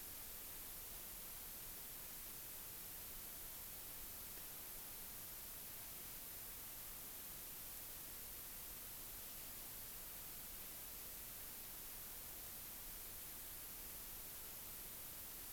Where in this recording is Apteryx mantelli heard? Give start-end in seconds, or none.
none